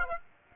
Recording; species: mosquito wingbeat signal from an infrared sensor; Aedes aegypti